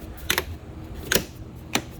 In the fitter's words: and then you just push it, and you hear all the clicks.